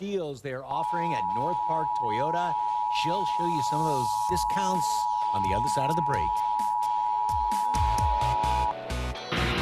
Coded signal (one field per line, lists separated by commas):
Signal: Emergency Alert System (SAME) tones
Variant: 853 and 960 Hz attention tone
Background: speech, music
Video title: National Periodic EAS Test - San Antonio Stations, 8/7/2019